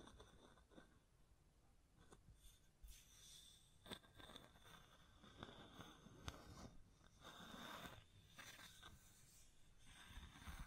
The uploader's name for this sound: Tapping, Scratching, Mic Brushing, Hand Sounds